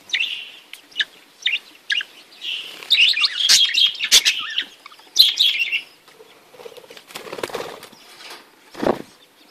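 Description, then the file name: Budgerigar song: a run of scratchy, high warbled notes and chirps, denser in the first half, then softer and sparser. "Canto do periquitos ingleses"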